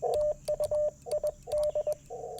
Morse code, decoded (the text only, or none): TU ID